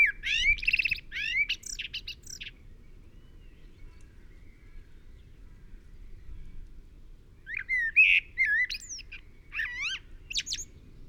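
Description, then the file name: Common blackbird song: a mellow warbled phrase with a squeaky twittering ending at the start, a long pause, then another fluted phrase with high flourishes. "Turdus merula"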